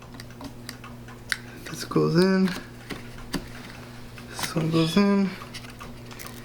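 A RAM module is handled at a motherboard DIMM slot with its retention latches while someone talks, and a few light ticks and taps are heard. Nothing has seated or clicked yet.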